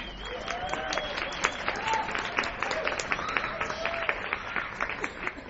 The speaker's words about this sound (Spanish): Los espectadores, encantados con su intervención, aplauden discretamente.